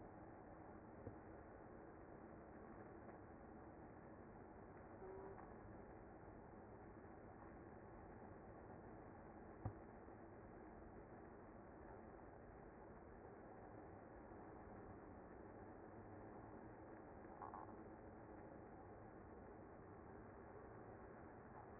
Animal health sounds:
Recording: honeybee colony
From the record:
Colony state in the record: active

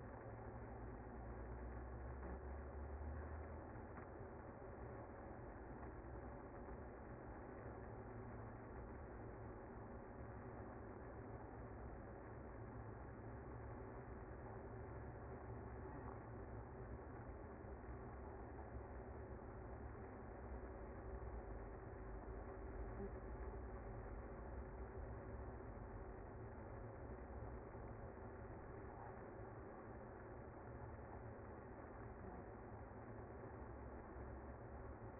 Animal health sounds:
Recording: honeybee colony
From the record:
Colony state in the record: active

